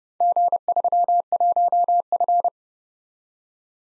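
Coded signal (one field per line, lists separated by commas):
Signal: Morse code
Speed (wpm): 32 wpm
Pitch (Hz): 700 Hz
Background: none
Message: G31F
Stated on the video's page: Four letter-number combinations in Morse, Speed-Racing practice format starting fast and slowing to a 30wpm base, with a final repeat at maximum speed.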